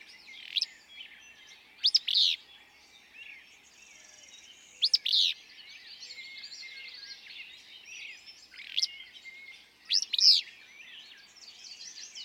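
Willow flycatcher song, a sneezy, buzzy two-part burst repeated several times, over a steady chorus of other small birds.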